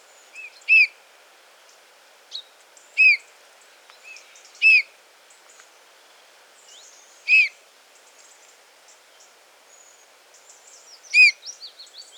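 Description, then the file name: Eurasian bullfinch calls, soft piping notes given singly at irregular intervals of one to four seconds, with faint high chirps from other small birds between them. "Pyrrhula pyrrhula"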